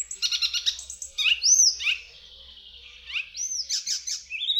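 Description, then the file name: Icterine warbler song of repeated high chattering notes broken by arching whistles and a buzzy sustained note, the phrases shifting quickly. "Zaganiacz"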